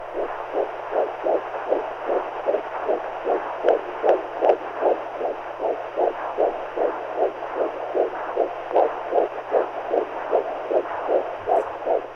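Steady, rhythmic heartbeat pulses repeating about 77 times a minute, with a faint hum underneath.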